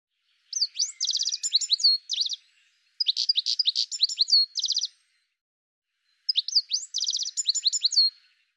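A bird sings three phrases of sharp, rising chirps mixed with a fast buzzy trill, coming roughly every three seconds against a silent background.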